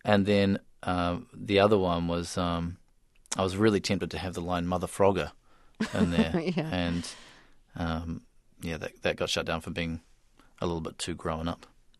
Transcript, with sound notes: And then the other one was I was really tempted to have the line mother-frogger...
(SOUNDBITE OF LAUGHTER)
Yeah.
...in there. Yeah, that got shut down for being a little bit too grown up.